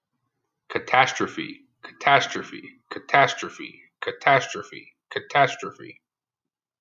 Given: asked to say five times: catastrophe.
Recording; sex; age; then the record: repeated word; male; 30 to 39 years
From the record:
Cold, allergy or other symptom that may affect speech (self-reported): no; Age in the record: 39 years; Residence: Pennsylvania, United States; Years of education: 12